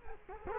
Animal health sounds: mosquito wingbeat signal from an infrared sensor; Culex quinquefasciatus

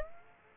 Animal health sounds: mosquito wingbeat signal from an infrared sensor; Aedes aegypti

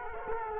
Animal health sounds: mosquito wingbeat signal from an infrared sensor; Culex quinquefasciatus

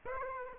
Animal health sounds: mosquito wingbeat signal from an infrared sensor; Aedes aegypti

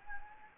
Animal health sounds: mosquito wingbeat signal from an infrared sensor; Anopheles gambiae

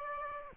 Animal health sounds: mosquito wingbeat signal from an infrared sensor; Aedes aegypti

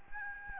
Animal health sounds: mosquito wingbeat signal from an infrared sensor; Aedes albopictus

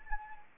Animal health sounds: mosquito wingbeat signal from an infrared sensor; Anopheles arabiensis

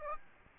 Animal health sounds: mosquito wingbeat signal from an infrared sensor; Aedes aegypti

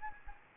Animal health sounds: mosquito wingbeat signal from an infrared sensor; Anopheles gambiae

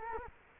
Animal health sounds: mosquito wingbeat signal from an infrared sensor; Culex quinquefasciatus

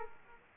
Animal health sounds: mosquito wingbeat signal from an infrared sensor; Aedes aegypti

